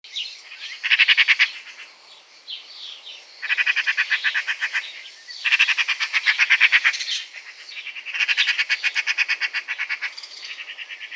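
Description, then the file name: Eurasian magpie chatter: repeated bursts of harsh, machine-gun rattling notes, several runs in close succession with short gaps. "Pica pica"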